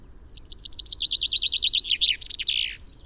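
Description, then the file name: Common chaffinch song: rapid repeated high notes that descend, followed by several emphatic notes and a rasping end flourish. "Fringilla coelebs"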